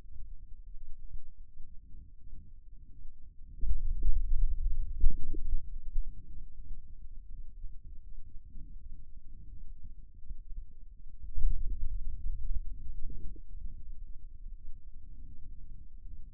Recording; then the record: forearm muscle sounds (acoustic myography)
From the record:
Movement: finger pinch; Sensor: system 2, bracelet of six BSWA MPA416 microphones around the upper forearm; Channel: 3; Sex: male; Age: 22 years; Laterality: right